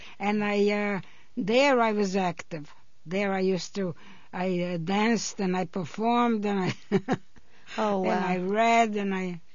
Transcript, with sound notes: And I, there I was active. There I used to, I danced and I performed and I... (she laughs)
Oh, wow.
...and I read and I...